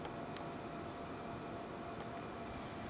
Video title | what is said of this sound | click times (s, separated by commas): MUSC Physics Residency Program Presents: MLC motor change | they're very hard to seat but you once they seat they snap right in | 0.4 s